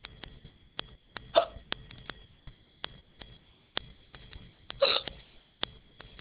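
Two short, sharp hiccup bursts from an adult, about three and a half seconds apart, each a brief gulping sound, against faint clicking background noise. The pattern fits ordinary hiccups, involuntary diaphragm spasms that snap the vocal cords shut.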